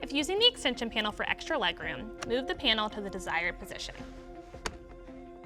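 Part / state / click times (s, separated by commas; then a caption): extension panel into child car seat base / not seated / none. The leg-room extension panel at the front of a Graco Premier 4Ever DLX Extend2Fit child car seat is being moved to a new position for extra leg room. Someone talks over background music, and a sharp knock is heard around 4.7 s. Nothing has seated or clicked into place yet.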